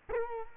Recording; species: mosquito wingbeat signal from an infrared sensor; Culex quinquefasciatus